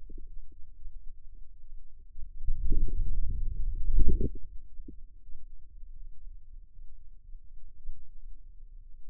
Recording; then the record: forearm muscle sounds (acoustic myography)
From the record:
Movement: wrist flexion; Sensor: system 2, bracelet of six BSWA MPA416 microphones around the upper forearm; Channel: 6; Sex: male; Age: 22 years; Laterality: right